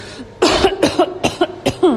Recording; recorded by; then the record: voluntary cough; messaging app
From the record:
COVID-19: negative